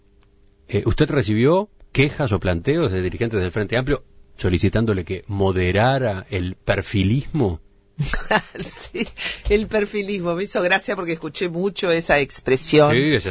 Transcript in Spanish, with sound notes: ¿Usted recibió quejas o planteos de dirigentes del FA solicitándole que moderara el perfilismo?
CM - (Se ríe.) Sí, ¡el perfilismo! Me hizo gracia porque escuché mucho esa expresión…